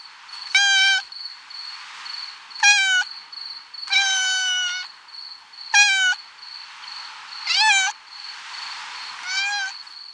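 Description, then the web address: Cat meowing: six harmonically rich meows spaced roughly every one to two seconds, some bending upward, with a steady high-pitched whine in the background. Female cat. "karlammann. Tierstimmen Katze weibchen"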